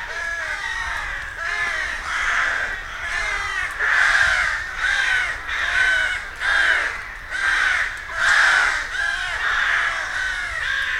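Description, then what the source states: Rook colony calling: a crowd of rasping caws, about one burst a second, overlapping and rising and falling in loudness throughout. Rook colony, a rookery in a wood.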